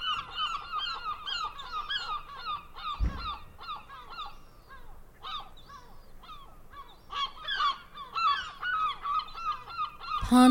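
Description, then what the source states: Gulls giving repeated yelping and mewing calls, several birds overlapping in a steady, noisy chorus, a dull thud partway through and a sharp knock at the end. Recorded in a coastal village.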